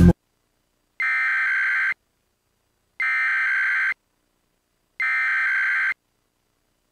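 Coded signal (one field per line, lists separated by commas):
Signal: Emergency Alert System (SAME) tones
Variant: header bursts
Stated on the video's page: Fictional alert scenario for entertainment, not a real broadcast; tones may or may not be valid.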